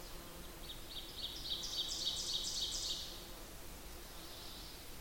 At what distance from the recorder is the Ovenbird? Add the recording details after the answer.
about 40 m. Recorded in boreal forest in Alberta, Canada, on 8 June 2016 at 06:58. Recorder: SongMeter 3, array SBT-3-9. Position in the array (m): 47 m, 103 m. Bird 33